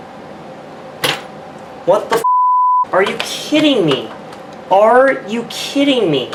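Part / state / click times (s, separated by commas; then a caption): plastic panel into a laptop case / not seated / none. During a CMOS battery replacement on a Compaq Contura Aero 4/33C laptop, a plastic panel held by brittle retention clips is pressed into the laptop case with sharp knocks and snaps near 1.1 and 1.9 seconds, followed by a steady high beep from about 2.2 to 2.8 seconds. Someone then talks in exasperation. The panel has not seated or clicked into place.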